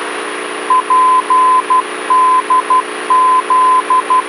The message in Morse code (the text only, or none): PDZ